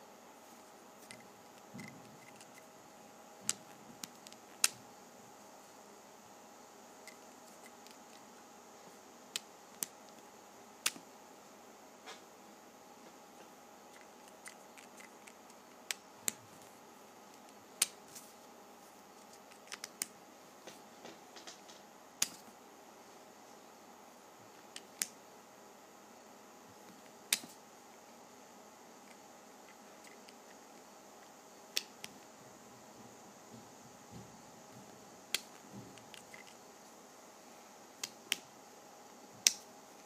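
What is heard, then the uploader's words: Sharp little clicks and snaps of marker caps being pulled off and pressed back on, scattered irregularly every second or two, a few of them close together. Beneath them a steady, faint hum with a thin high whine runs throughout. ASMR Opening Sharpies.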